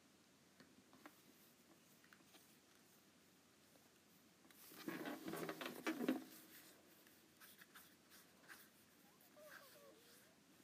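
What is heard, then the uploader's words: An Apple Pencil taps and drags across an iPad screen in short, scattered clicks over a quiet background. Around five to six seconds a denser burst of scratchy, rustling strokes rises louder, then the light irregular tapping resumes until the end. ASMR Apple Pencil on iPad.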